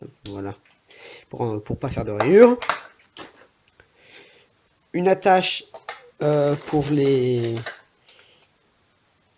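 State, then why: Seated. A plastic clip mount for an action camera is pressed into its adhesive mount base while someone talks. Small handling knocks are heard, and a short click at 8.4 s is the mount clipping into the base, seating it.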